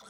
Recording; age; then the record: pig call; piglet (1 to 25 days)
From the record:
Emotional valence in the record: negative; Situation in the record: long isolation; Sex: male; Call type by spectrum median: low-frequency call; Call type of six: low-frequency tonal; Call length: 0.10 s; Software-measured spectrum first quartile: 939 Hz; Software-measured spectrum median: 2243 Hz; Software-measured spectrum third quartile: 5471 Hz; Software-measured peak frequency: 1365 Hz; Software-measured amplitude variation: 52 dB a second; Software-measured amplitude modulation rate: 14.8 a second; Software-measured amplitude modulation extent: 3.5 dB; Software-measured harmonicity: 0.8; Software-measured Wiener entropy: -1.83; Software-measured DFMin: 979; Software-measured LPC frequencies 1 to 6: 661, 1349, 3464, 4082, 5728, 6553 Hz